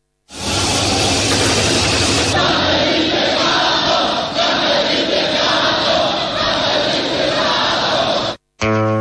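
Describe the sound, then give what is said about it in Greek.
A large crowd of the 1973 Polytechnic generation shouts and chants together, calling for people to come down, in a loud, continuous roar of many voices, rising and surging for several seconds before cutting off abruptly, followed by a brief tonal burst. “Σας φωνάζουνε να κατεβείτε κάτω.”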